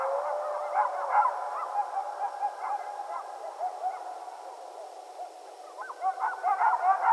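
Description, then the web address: Coyote yips and short wavering howls in scattered bursts, strongest near the start and again toward the end, with a quieter stretch between. Several coyotes, recorded 15 February 2012. "Coyote 2012 02 15 Coyotes"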